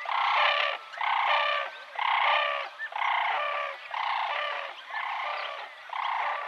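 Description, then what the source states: Brolga calling in flight: a steady series of rough, rattling trumpet notes, each under a second long, in a fairly even rhythm. Brolgas calling in flight; recorded by Mark Anderson.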